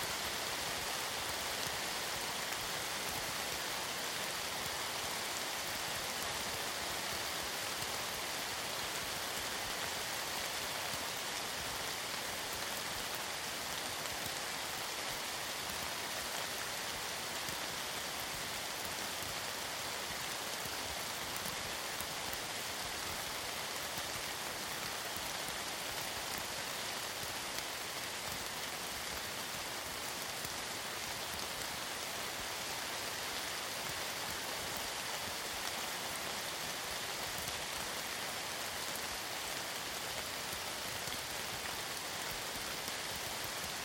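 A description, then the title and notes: Heavy rain falls steadily on spruce forest, a dense, even hiss of countless drops, bright and unchanging throughout with no other sounds. In the quiet of the Hoh Rainforest of Olympic National Park, heavy rain falls on tall stands of Sitka Spruce. This recording is from an in-land quiet area about four miles into the Hoh River Trail. Sitka Spruce, like other conifers, carries a spray-like sound when under pouring rain. Heavy Rain on Sitka Spruce.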